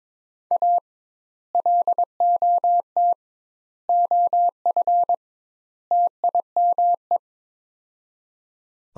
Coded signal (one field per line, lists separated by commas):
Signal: Morse code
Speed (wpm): 22 wpm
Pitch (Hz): 700 Hz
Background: none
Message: A LOT OF TIME